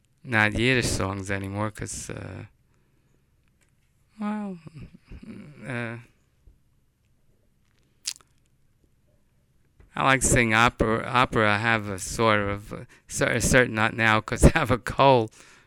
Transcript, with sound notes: Not Yiddish songs any more because, well, ( he pauses ) I like singing opera. I have sort of a certain, not now, because I have a cold.